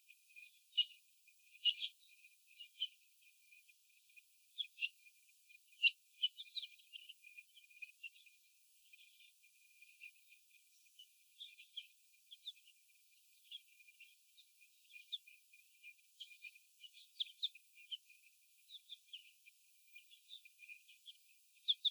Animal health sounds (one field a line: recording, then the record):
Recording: young laying hens in a cage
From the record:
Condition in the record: before the stressor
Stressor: sudden umbrella opening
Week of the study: 2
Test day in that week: 1